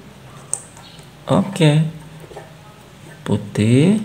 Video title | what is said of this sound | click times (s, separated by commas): Kompor Listrik Modena BE 1325 Tidak Panas/Panas Sebentar | sampai klik. | 0.5 s